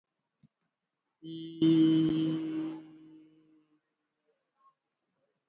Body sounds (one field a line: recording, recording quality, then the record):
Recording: sustained vowel as in beet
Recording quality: excellent, no background noise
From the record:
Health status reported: exposed to COVID-19, no respiratory illness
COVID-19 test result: negative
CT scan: not taken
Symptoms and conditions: cough, sore throat, fever, muscle pain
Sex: male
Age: 26 years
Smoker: no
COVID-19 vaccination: none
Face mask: worn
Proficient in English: yes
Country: India